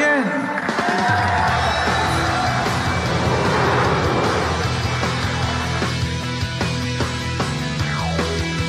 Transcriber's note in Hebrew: מחיאות כפיים